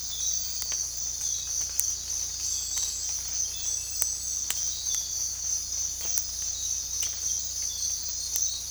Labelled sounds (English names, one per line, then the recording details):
none
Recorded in dense forest near Puerto Asís, Putumayo, Colombia, on 16 December 2024 at 05:00
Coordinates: 0.466, -76.327
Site G075